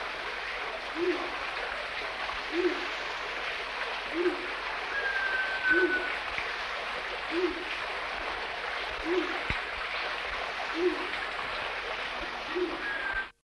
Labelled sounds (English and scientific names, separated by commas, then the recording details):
Yellow-breasted Fruit Dove (Ptilinopus occipitalis) call
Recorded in captivity
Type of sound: call
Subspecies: occipitalis
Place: Vogelpark Walsrode, Niedersachsen, DE
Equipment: Halbspur, 9,5 cm/s
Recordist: Lütgens, Hans
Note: Rufe